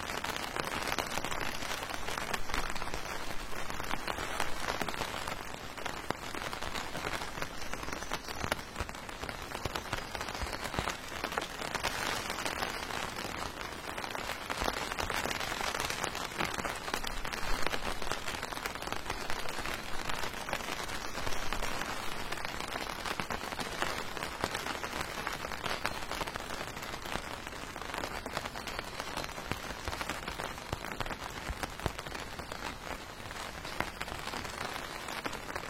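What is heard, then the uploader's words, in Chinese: Rain falls on a tent in a forest, a dense, steady patter of countless drops tapping on the fabric. The hiss stays even throughout, bright and crackling, with slight swells in intensity but no pauses or other sounds. 帐篷里听森林中的雨。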